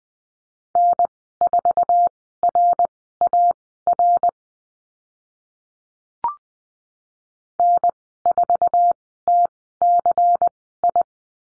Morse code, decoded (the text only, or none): N4RAR N4TCI